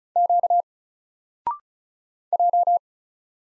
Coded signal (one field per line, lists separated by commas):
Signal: Morse code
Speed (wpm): 36 wpm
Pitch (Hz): 700 Hz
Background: none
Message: Q J